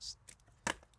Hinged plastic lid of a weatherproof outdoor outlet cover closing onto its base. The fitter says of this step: snap into place and there you go it is the Ultra Pro outlet cover check it out